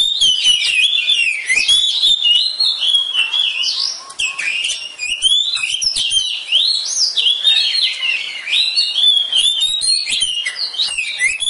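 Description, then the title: Oriental magpie-robin song, loud and continuous, a fast jumble of varied whistles, warbles and sharp chips with barely a pause. Kacer poci competition bird, national champion, singing in 'nembak' and 'ngerol' styles, seven types of song every three minutes. "Kacer Poci Gacor Nembak Dan Ngerol Juara Nasional. 7 macam suara kacer setiap 3 menit"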